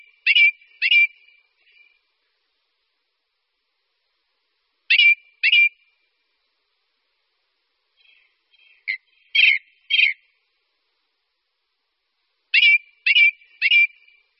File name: Kos-horský